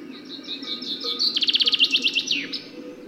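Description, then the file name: Common chaffinch song, a single strophe of repeated falling notes building into a fast trill with a sharp closing flourish, over a steady low background rumble. "Fringilla coelebs"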